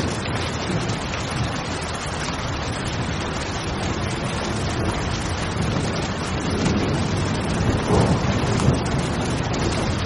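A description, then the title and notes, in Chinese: Thunderstorm sounds: a dense, steady wash of rain with low rumbling underneath, swelling slightly around the eighth second before settling back. 助眠雷雨声。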